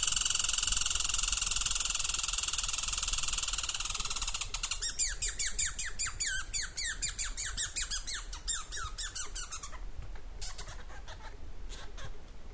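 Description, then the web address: Squirrel chattering: a rapid series of sharp, descending chirps repeated several times a second, starting after a few seconds of hissing noise and fading toward the end. "animali da guardare. Scoiattolo"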